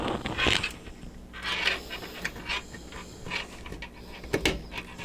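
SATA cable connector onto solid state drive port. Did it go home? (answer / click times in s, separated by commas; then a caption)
yes / 4.5 s. An L-shaped SATA cable connector with a metal clip is worked onto the port on the back of a 2.5-inch SSD, with several bursts of scraping and fumbling. A sharp click at 4.5 s marks the connector seating onto the drive.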